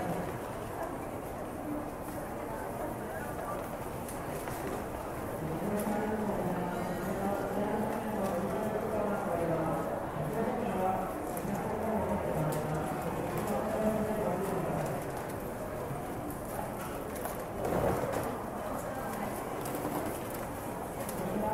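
Ambience in a Tokyo train station in Japan: a steady, dense murmur of many overlapping voices, with one or two clearer speakers rising above the crowd in the middle stretch. Scattered footsteps and brief knocks punctuate it, including a sharp clack near eighteen seconds.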